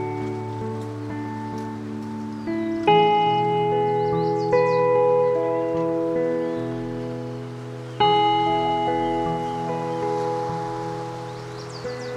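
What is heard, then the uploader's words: At Patagonia Lake State Park, metal chimes ring with long, overlapping tones that slowly fade, struck fresh around three, four and a half, and eight seconds. A low steady hum runs underneath, and a few faint bird chirps rise briefly above. Patagonia Lake State Park in SE Arizona.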